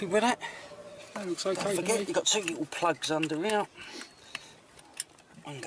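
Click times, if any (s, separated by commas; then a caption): 5.0 s. While refitting the throttle body on a Porsche Boxster 986, one of two small electrical plugs underneath it is pushed into its sensor socket as someone talks. A sharp click is heard at 5.0 s as the plug seats.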